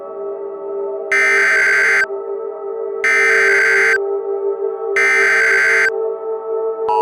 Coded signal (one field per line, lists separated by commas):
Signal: Emergency Alert System (SAME) tones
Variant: header bursts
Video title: EAS Scenario - Brianna's Rampage (Remastered)